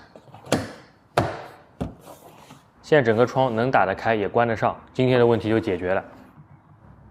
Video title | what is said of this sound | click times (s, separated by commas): DIY更换Window Regulator，车窗升降机故障诊断流程，BMW E87 E90车窗升降卡顿和异响维修！ | 再把门把手的装饰盖也盖回去把所有卡扣都摁到底卡到位这里我们就完成了 | 0.5 s, 1.2 s